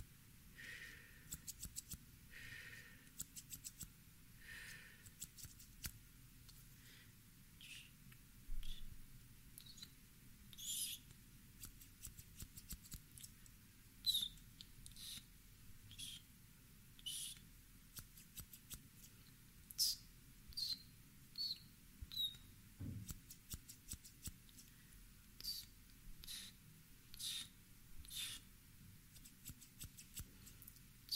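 Scissors snip through hair in short, crisp cuts, coming every second or so across the half minute, sometimes in quick pairs. Each snip is bright and thin, with a faint steady low hum underneath and a single dull thump around twenty-three seconds.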